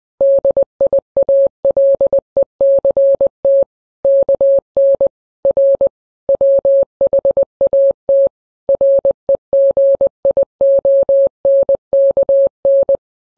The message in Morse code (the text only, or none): DIALECT KN R WHAT REGION KN